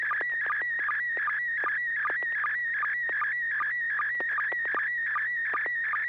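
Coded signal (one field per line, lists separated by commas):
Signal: SSTV (slow-scan television)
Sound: warbling tone sliding around mid-pitch with regular short low sync chirps, continuous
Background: low electrical hum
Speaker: >> All right, let it rip.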